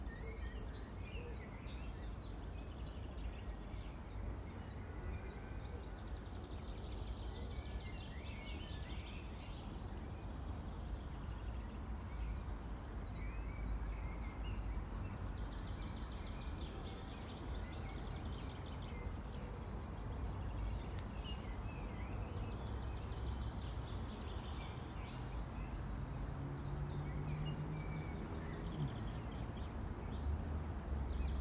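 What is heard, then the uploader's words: Midday outdoor ambience on Moncrieffe Island in Perth, Scotland, with a steady, dense low rumble of traffic and wind throughout. Small birds chirp high and bright in scattered bursts, busiest in the first few seconds and again around twenty-five seconds. Moncrieffe Island, Perth, Scotland at midday. By Eleanor McDowall.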